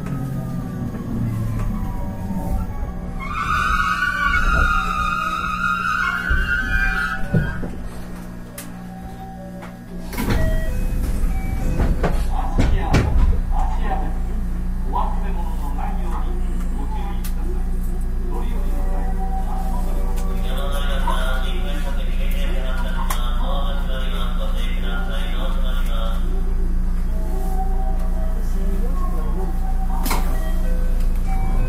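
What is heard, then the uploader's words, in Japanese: Recorded aboard a rapid train, a steady low rumble of the carriage runs throughout with a constant hum beneath. Early on a chiming announcement tone sounds, followed by spoken voices; around ten seconds a sharp clatter and knock break in, then the running noise settles. JR西日本、223系電車の走行音です。神戸線の新快速列車にて収録しました。区間は、新大阪から三宮までです。神戸線新快速 新大阪から三宮まで。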